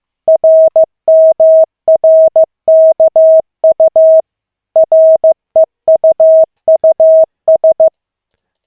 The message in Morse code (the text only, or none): RMRKU REUUS